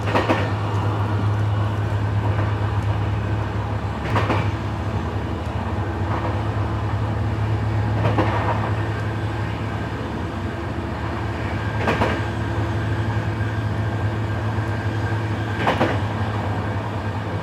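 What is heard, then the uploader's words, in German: Rattling of a train ride heard from inside the carriage, with a steady low rumble and a constant hum underneath. Sharp clacks from the track joints arrive at a regular pace, roughly every four seconds. No voices stand out; the ride stays even throughout. Abendliche Zugfahrt, ratternde Gleise | Train ride, rattling tracks. Entspanne mit dem beruhigenden Rattern einer abendlichen Zugfahrt, kaum Menschen und viel Stille im Abteil.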